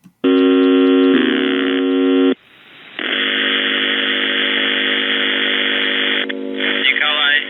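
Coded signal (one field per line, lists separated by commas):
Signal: numbers station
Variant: UVB-76 (The Buzzer)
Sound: a harsh two-second buzz, then a muffled voice under radio hiss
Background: radio static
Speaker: there were four Russian doomsday messages transmitted on the Russian buzzer, which is one of Russia's primary nuclear war frequencies. So I want to play a sample of these messages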